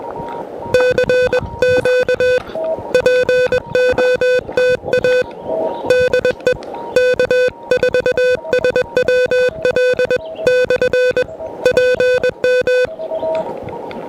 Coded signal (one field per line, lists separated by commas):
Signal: Morse code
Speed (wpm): 21 wpm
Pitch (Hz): 500 Hz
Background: music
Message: CQ POTA DE K4SWL/PM